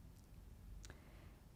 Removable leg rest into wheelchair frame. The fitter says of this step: once initially placed the leg rest can be swung around to the front of the wheelchair and clicked into place